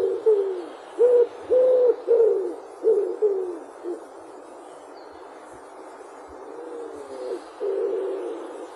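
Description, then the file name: Common wood pigeon song, a string of deep, muffled coos for about four seconds, then a pause before a few softer coos return, with a faint steady hiss behind. "ringdue"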